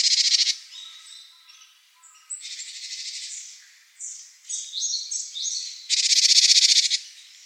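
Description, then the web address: Great tit giving dry, buzzy rattled bursts separated by quieter chirps and short whistled slurs, the loudest buzz near the end. "birdenaga Great Tit"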